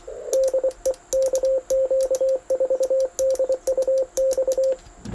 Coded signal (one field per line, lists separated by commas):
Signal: Morse code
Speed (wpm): 23 wpm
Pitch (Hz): 530 Hz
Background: radio noise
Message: DE KQ4DUX